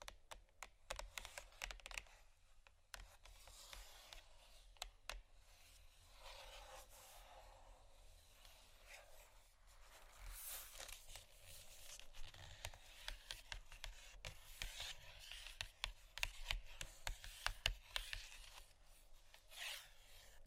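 Scratching and tapping on chocolate, a dry, rasping rub that runs almost continuously through the clip, swelling and easing in loose waves. Sharp taps break in often, sometimes in quick bursts, with a low steady hum underneath.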